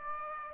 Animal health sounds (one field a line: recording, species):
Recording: mosquito wingbeat signal from an infrared sensor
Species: Aedes aegypti